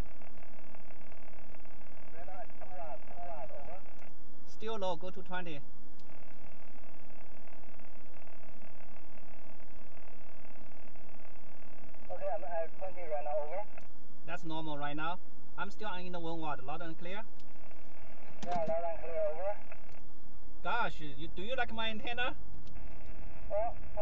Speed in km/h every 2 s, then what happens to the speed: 0, 0, 0, 0, 0, 0, 0, 0, 0, 0, 5, 19.
0-19 standing. 19-24 pulls away to 19.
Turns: none.